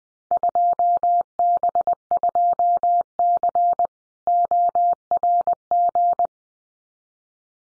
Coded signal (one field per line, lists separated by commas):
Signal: Morse code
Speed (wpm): 20 wpm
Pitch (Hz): 700 Hz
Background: none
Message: 2B2C ORG